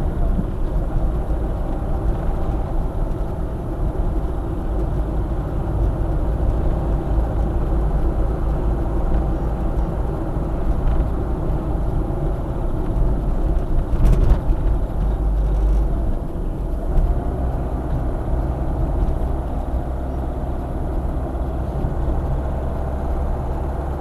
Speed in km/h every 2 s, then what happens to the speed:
54, 51, 53, 53, 55, 55, 51, 47, 47, 47, 47, 50.
0-10 steady at about 53. 10-14 slows to 47. 14-24 steady at about 47.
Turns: none.